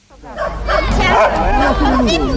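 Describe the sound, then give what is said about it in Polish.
Small female dogs yapping and whining over one another at a national hunting dog show, a continuous jumble of high-pitched, wavering yips and whimpers, fairly loud, over a low steady hum. “jak one się spotkają, to bardzo dużo lubią między sobą pogadać”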